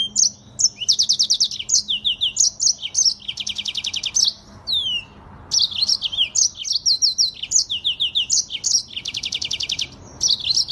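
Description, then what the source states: Streaked spiderhunter delivering lively, high-pitched chattering phrases mixed with several buzzy trills, with one short pause partway through. Song used as a tutor recording for cage birds; bird singing vigorously, with a clear, long song.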